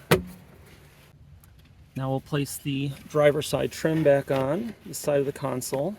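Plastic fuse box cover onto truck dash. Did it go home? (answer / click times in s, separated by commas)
yes / 0.1 s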